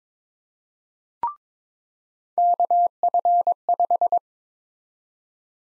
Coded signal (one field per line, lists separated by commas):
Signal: Morse code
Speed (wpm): 22 wpm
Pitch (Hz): 700 Hz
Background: none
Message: KF5